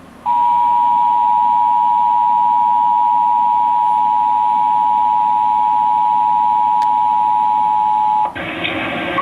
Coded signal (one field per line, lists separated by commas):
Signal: Emergency Alert System (SAME) tones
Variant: 853 and 960 Hz attention tone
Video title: Required Monthly Test - 08/01/18 (EAS #1,654)